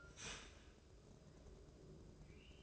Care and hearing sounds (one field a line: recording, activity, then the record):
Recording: daily activity, microphone in the room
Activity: start toaster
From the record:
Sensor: 2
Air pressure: 1006.9 hPa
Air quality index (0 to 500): 42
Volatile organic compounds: 1 ppm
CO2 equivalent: 546 ppm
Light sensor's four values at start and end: 6/14/6/6 and 6/14/6/6